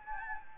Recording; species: mosquito wingbeat signal from an infrared sensor; Anopheles gambiae